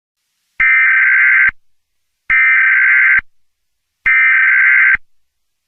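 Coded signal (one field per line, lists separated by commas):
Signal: Emergency Alert System (SAME) tones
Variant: header bursts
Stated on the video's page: Fictional EAS scenario for a bubonic plague event.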